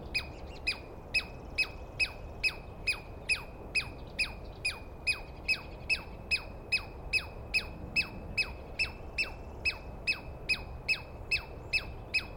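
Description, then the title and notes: Douglas squirrel calling: a long steady string of loud, piercing chirps dropping in pitch, spaced a bit under half a second apart, over quiet hiss. Douglas pine squirrel screaming at dawn, morning of 21 April 2017, East Cascades; calling at length at the recordist, identified by sound without a good look. "On the morning of 21 April, 2017, I set up my microphones and recorder for a nice dawn recording in the East Cascades. I was started awake by a screaming Douglas Pine Squirrel"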